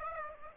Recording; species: mosquito wingbeat signal from an infrared sensor; Aedes aegypti